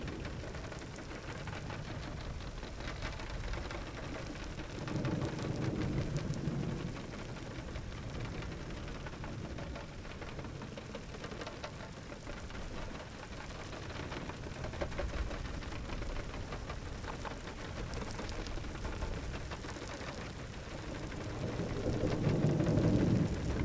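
A summer thunderstorm: steady, dense rain patters throughout with a crisp hiss of drops. Low thunder rumbles roll in around five seconds, fade, then build again and swell loudest in the final seconds.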